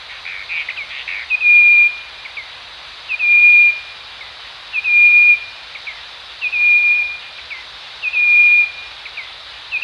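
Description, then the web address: Striped wren-babbler call: a clear, level whistle about half a second long, preceded by short soft notes, repeated roughly every 1.7 seconds over a steady hiss. Danum, 1 March 2008. "DANUM 20080301. striped wren-babbler"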